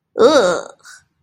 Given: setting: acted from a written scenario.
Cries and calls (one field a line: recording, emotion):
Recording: vocal sound without words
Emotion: contempt